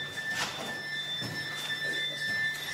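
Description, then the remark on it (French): Continuous high-pitched electronic beeping from dosimeters and smartphones in an abandoned, evacuated Soviet-era kindergarten, several steady tones overlapping and breaking off briefly, with a few soft clattering noises underneath and no talking. “Un incroyable scénario d'épouvante sur fond de décor soviétique se dessine, avec en musique de fond, le concert ininterrompu des bips des dosimètres et des smartphones.”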